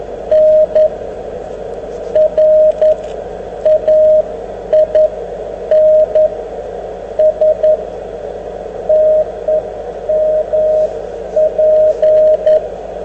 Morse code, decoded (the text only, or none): N RAINS TEMP